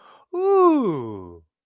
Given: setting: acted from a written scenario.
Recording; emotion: vocal sound without words; elation